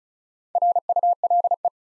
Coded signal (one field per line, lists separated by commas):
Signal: Morse code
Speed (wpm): 36 wpm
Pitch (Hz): 700 Hz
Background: none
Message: RULE